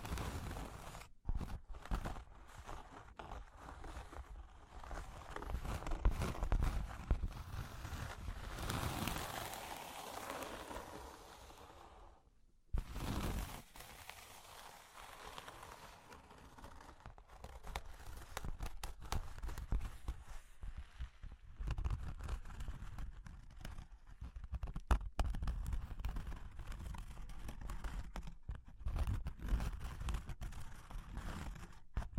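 Dense, irregular tapping and scratching on cork and wood, with a brighter rustling stretch around ten seconds and a brief pause near thirteen.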